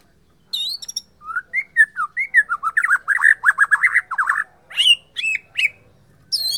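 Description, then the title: White-rumped shama song of sweet whistles and rapid chattering notes, ending with loud high slurred whistles. Borneo form. "MURAI BORNEO MAS KIKI"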